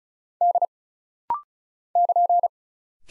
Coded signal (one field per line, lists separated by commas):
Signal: Morse code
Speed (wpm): 36 wpm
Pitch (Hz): 700 Hz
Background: none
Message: D <KN>